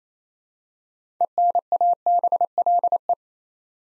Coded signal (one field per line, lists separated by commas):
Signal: Morse code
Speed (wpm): 29 wpm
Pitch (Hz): 700 Hz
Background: none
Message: ENABLE